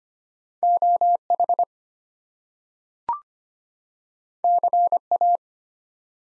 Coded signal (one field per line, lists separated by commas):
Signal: Morse code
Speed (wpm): 25 wpm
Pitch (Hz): 700 Hz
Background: none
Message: OH CA